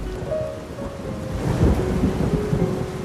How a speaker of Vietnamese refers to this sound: Về Du nhá, trời mưa rồi.